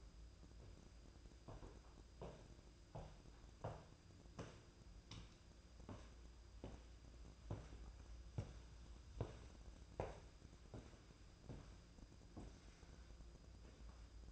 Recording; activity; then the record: daily activity, microphone in the room; walk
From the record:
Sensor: 2